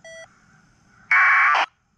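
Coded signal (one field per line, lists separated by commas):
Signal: packet radio (AX.25, as in APRS)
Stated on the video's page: APRS packets sent through the International Space Station digipeater.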